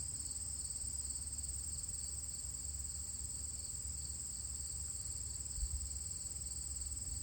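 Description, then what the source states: Crickets produce a continuous high, shimmering trill, steady throughout, over a low rumbling background. Recorded at the edge of a field on Thursday, August 31, 2023, the last day of August, about 12 miles from where E.B. White's crickets lived.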